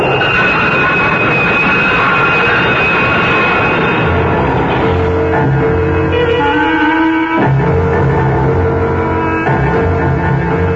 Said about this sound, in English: Caught off balance, Deke's foot slipped off the edge of the platform, and Deke started to fall helplessly in the path of the onrushing train.